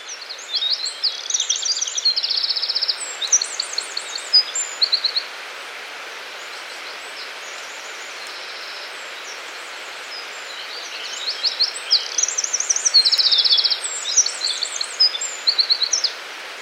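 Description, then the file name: Eurasian wren song: two long bursts of rapid, very high trills and tinkling warbles, separated by a quiet gap, over a steady soft background hiss. "Troglodytes troglodytes"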